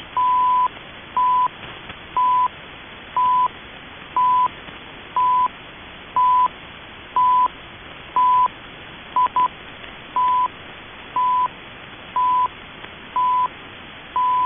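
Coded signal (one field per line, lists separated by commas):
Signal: radio time signal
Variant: CHU Canada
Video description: Rare capture of CHU Canada time signal off the air, the signal was captured during a power cycle.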